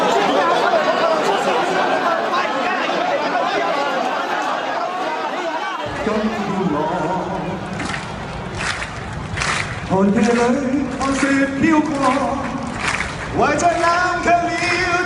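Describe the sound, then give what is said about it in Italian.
Dense, loud crowd chatter fills a busy Hong Kong street during the 2014 Umbrella Revolution protests, then a low steady rumble joins in partway through as several raised, drawn-out voices call out over the hubbub. “E sono le strade di Hong Kong, ma i suoni che sentite risalgono a circa 3 anni fa.”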